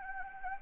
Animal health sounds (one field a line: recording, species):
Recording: mosquito wingbeat signal from an infrared sensor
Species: Anopheles gambiae